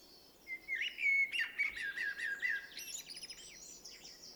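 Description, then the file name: Common blackbird song phrase: a rich, slurred fluting warble sliding up and down, breaking into a rapid high twittering flourish at the end. "Turdus merula"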